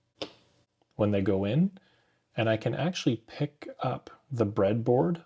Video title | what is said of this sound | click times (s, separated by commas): Quick Clicks #1 - Getting Started in Relay Computing | and in fact you can hear a very satisfying click | 0.2 s